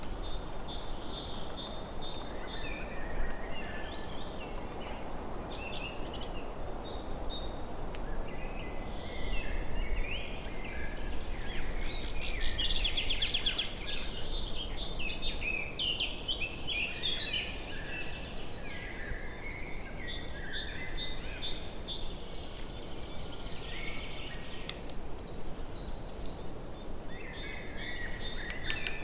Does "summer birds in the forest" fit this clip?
yes